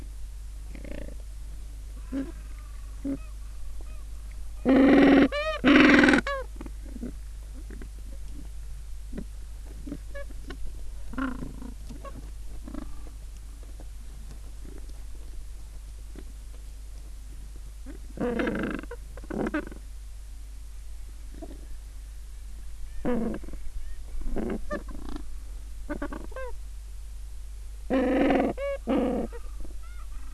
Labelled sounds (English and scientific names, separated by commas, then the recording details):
Gentoo Penguin (Pygoscelis papua)
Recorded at the colony at Booth Island, Antarctica, on 21 December 2014
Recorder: Song Meter SM2+